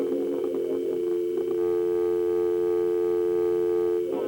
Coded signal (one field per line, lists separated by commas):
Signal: telephone call progress tone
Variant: North America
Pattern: dial tone